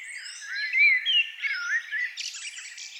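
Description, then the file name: Eurasian blackbird song, a mellow fluted warble of sliding, rising and falling notes ending in a brief high twitter. "Turdus merula"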